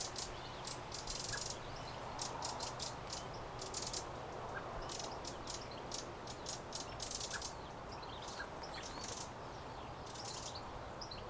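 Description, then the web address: Eurasian wren giving frequent series of hard ticks and short rattles, with background hum and hiss. "pub SETE data Troglodytes troglodytes"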